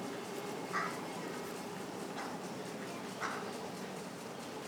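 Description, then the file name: Carrion crow giving three short, harsh caws spaced about a second apart over steady background hiss. "Corvus corone"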